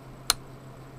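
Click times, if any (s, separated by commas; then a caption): 0.3 s. A small flathead screwdriver turns the cam screw on the ZIF CPU socket of a Dell Inspiron 1525 notebook to unlock the processor. A single sharp click rings out at 0.3 s over a faint steady hum as the socket cam lock clicks open, releasing the CPU.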